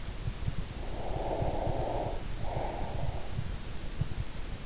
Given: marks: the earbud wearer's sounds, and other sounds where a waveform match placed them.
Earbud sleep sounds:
sounds in sleep by an in-ear microphone; breath
0.76-3.46 s: breath

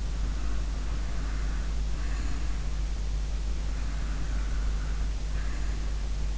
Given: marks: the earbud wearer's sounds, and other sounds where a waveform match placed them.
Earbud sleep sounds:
sounds in sleep by an in-ear microphone; breath
0.00-2.92 s: breath
3.57-6.26 s: breath

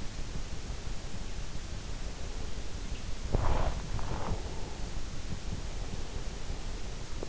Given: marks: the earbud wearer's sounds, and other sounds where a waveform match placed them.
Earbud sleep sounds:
sounds in sleep by an in-ear microphone; breath, body movement
0.22-2.96 s: breath
3.15-4.52 s: body movement
4.11-7.29 s: breath

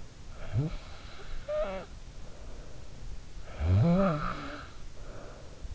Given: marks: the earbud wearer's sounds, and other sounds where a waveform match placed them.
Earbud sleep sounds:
sounds in sleep by an in-ear microphone; snoring breath
0.31-2.06 s: snoring breath
3.48-5.73 s: snoring breath

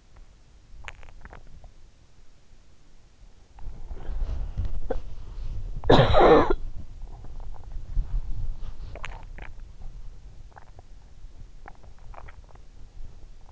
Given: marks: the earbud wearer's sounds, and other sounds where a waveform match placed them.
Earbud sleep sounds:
sounds in sleep by an in-ear microphone; swallowing, body movement, cough or throat clearing or sniffle
0.00-1.77 s: swallowing
3.62-13.52 s: body movement
4.78-6.79 s: cough or throat clearing or sniffle
8.66-10.92 s: swallowing
11.38-12.73 s: swallowing

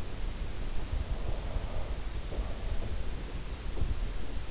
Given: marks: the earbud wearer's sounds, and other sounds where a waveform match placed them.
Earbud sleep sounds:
sounds in sleep by an in-ear microphone; breath
0.89-3.32 s: breath

